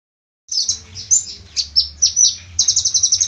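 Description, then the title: Small bird song of high, sharp chirps and slurred notes in irregular bursts, ending in a rapid even trill of clipped notes, over a low background hum. "Burung Kecil"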